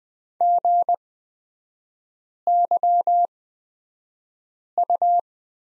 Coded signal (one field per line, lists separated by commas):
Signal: Morse code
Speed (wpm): 20 wpm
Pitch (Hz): 700 Hz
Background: none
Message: GYU